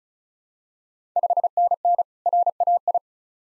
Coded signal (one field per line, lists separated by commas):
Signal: Morse code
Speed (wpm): 36 wpm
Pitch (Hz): 700 Hz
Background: none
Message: 5NN RAI